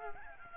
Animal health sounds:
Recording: mosquito wingbeat signal from an infrared sensor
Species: Aedes albopictus

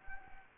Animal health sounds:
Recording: mosquito wingbeat signal from an infrared sensor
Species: Anopheles gambiae

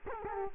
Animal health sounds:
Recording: mosquito wingbeat signal from an infrared sensor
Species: Culex quinquefasciatus

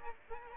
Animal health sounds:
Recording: mosquito wingbeat signal from an infrared sensor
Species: Aedes aegypti

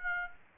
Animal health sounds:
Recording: mosquito wingbeat signal from an infrared sensor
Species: Aedes aegypti

